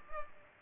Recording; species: mosquito wingbeat signal from an infrared sensor; Culex pipiens